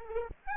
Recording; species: mosquito wingbeat signal from an infrared sensor; Aedes aegypti